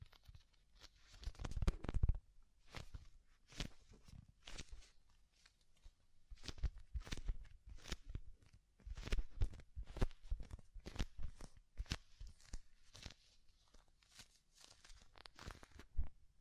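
Soft, fluffy ASMR triggers: quick crinkly rustles and muffled thumps arrive in irregular bursts, one or two each second, with hushed gaps between.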